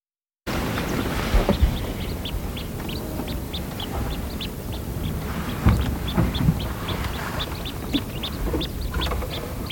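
Fischer's sparrow-lark calls: many short, high chirps scattered steadily throughout, over a constant low rumble of background noise.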